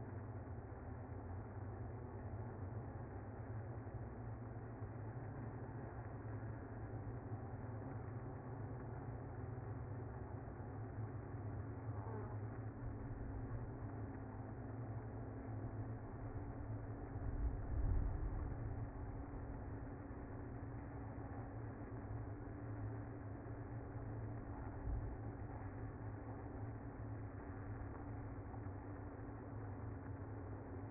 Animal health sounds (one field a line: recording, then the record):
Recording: honeybee colony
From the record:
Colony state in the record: active